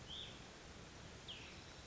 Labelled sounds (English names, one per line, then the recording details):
Cassin's Vireo
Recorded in Sonoma County, California